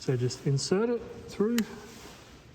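A parking sensor is lined up with the keying feature in its plastic sensor housing and pushed through during fitting of a Predator bull bar on a Defender L663, while someone talks. Nothing has seated or clicked yet: the clip ends just before the sensor goes home in the housing.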